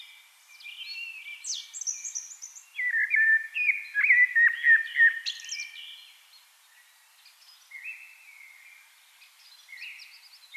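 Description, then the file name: Eurasian blackbird song with high thin twitters, then a loud burst of mellow warbled notes, followed by quieter squeaky trailing phrases. "Turdus merula"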